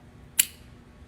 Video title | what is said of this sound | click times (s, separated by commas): Compressor vs CO2 | I pull back and it snaps out. | 0.4 s